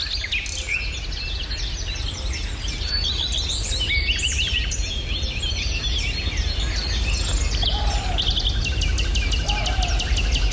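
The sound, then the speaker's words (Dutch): Nightingale and common redstart song fill the air in a dense, continuous chorus of high trills, whistles and chirps, with croaking frogs and barking roe deer, recorded in Meijendel, layered over a steady low background hum with no voices. “Met de nachtegaal, de gekraagde roodstaart, kikkergekwaak en blaffende reeën.”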